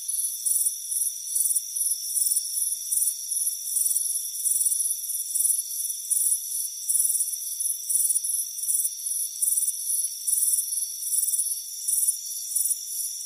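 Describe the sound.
Dense high-pitched cricket chirps, rapid trilled bursts following one another closely, with a few louder pulses and a constant faint whine below.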